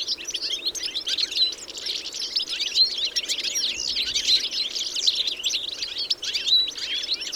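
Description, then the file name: European goldfinch flock chatter, high liquid twitters and short chirps overlapping densely, rising and falling in loudness but never stopping. "Carduelis carduelis"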